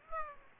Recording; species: mosquito wingbeat signal from an infrared sensor; Aedes aegypti